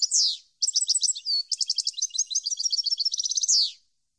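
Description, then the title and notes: European goldfinch song: a sweeping slurred note, then a lively sequence of fast chattering notes and trills finishing with a falling slur. Clean goldfinch song issued on a CD, intended for song training so birds can copy it. "Cd Jilguero. Cd de canto de jilguero limpio para copia"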